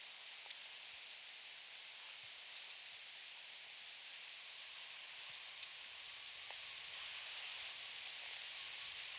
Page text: Little Bunting Call. Quick Sounds